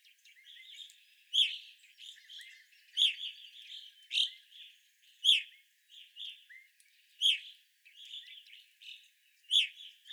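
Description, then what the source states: Evening grosbeak calls, a loud clear chirp every second or two, layered over a steady background of softer chattering notes from other birds. Evening grosbeaks, 25 April 2021.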